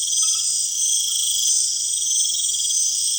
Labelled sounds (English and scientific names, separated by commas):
none